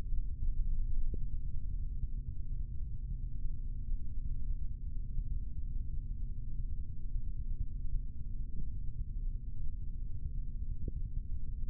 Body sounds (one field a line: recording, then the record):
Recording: forearm muscle sounds (acoustic myography)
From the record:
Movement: rest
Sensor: system 3, bracelet of six PUI Audio POM-2738L microphones around the upper forearm, with dedicated amplification and filtering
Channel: 1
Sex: male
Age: 26 years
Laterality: right